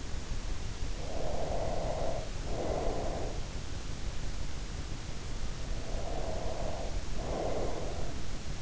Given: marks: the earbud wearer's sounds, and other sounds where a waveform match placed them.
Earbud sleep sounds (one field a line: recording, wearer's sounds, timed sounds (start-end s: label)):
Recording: sounds in sleep by an in-ear microphone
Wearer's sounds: breath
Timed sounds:
0.80-3.90 s: breath
5.62-8.62 s: breath